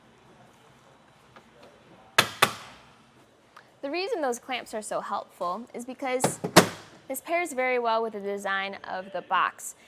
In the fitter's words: until they click